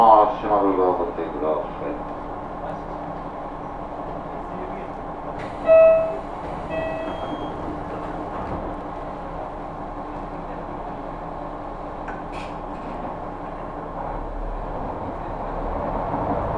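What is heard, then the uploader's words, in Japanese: A steady low rumble of a train running on the Kyudai Main Line fills the clip, with faint rhythmic clatter underneath. A voice is heard briefly at the start, and around six seconds a short two-tone chime rings out twice before the ride settles back into its even hum. 音の旅 久大本線 日田→田主丸。キハ200+220の2両編成。既に学校帰りの学生でだいぶ席が埋まっていますがロングシート主体なので大丈夫でした。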